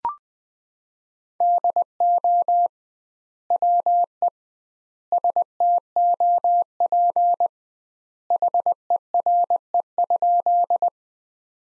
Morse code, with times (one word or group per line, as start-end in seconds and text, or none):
1.4-2.7 DO
3.5-4.3 WE
5.1-7.5 STOP
8.3-10.9 HERE?